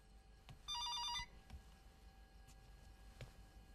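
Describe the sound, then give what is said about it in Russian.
A telephone at home rings once in a short, loud burst, a bright trilling tone with stacked harmonics, then stops, leaving a low background rumble and a few faint clicks. “Звонит телефон дома.”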